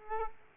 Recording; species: mosquito wingbeat signal from an infrared sensor; Culex quinquefasciatus